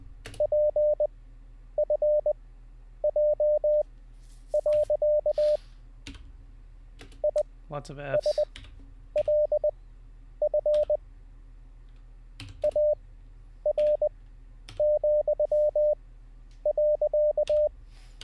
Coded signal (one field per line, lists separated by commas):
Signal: Morse code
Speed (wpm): 20 wpm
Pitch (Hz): 600 Hz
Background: speech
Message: PFJ. ISLF AR,.